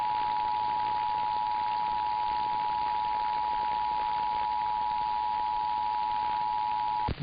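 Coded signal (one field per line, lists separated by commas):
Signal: Emergency Alert System (SAME) tones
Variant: 853 and 960 Hz attention tone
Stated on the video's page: Nevada required monthly tests plus automatic required weekly tests from KLOS and KLLI.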